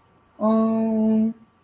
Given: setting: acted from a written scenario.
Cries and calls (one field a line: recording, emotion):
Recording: vocal sound without words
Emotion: sympathy